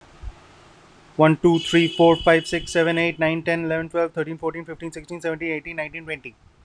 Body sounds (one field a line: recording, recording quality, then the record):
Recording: counting at a fast pace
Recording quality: excellent, no background noise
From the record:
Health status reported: healthy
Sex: male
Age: 31 years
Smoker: yes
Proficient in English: yes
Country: India